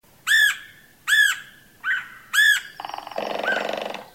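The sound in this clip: Red-headed Woodpecker giving four harsh, rasping calls spaced under a second apart, followed by a rapid, buzzy chattering rattle.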